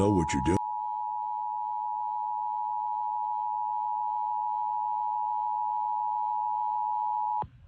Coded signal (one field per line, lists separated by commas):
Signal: Emergency Alert System (SAME) tones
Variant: 853 and 960 Hz attention tone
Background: speech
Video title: THE ALERTS KEEP COMING... EAS Alerts from 3/14-15/24 (EAS #3,736 - 3,756)